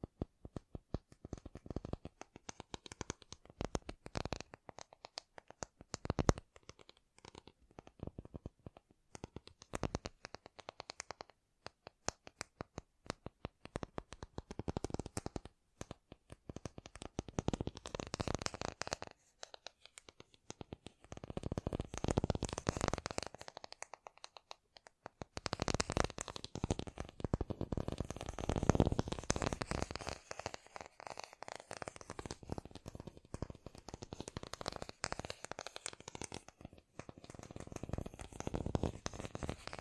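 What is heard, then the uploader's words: Dense tapping runs nearly nonstop, with quick crisp taps layered over soft rustling and scratching textures. Brief pauses break the flow around 20 and 25 seconds, and the tapping returns fuller and slightly louder afterward. ASMR Great Tapping Sounds for Sleep (No Talking).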